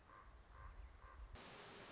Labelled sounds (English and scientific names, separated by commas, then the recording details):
Common Raven (Corvus corax)
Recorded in Sonoma County, California